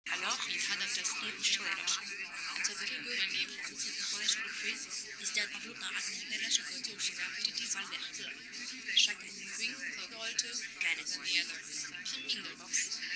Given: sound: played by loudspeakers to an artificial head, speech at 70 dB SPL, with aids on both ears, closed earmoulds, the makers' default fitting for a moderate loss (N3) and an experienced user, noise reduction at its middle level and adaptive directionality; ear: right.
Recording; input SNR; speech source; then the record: speech test signal (ISTS) in cocktail-party noise; -6 dB; in front (0 degrees)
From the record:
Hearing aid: class 1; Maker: J